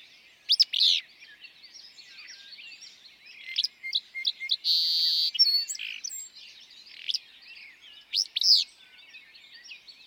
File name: Willow Flycatcher